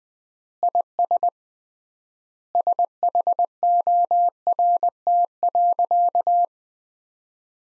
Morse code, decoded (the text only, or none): IS SHORT.